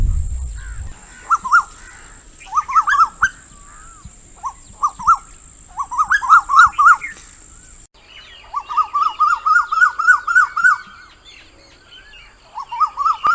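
Bird calls in quick runs of short, ringing notes that rise then fall, bursts of varying length separated by brief pauses, with a steady high hiss.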